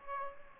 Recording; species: mosquito wingbeat signal from an infrared sensor; Aedes aegypti